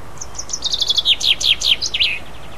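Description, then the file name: Common chaffinch song: a bright series of high notes descending in steps, speeding into a brief trill and closing with a short downward flourish, about two seconds long. "pinson"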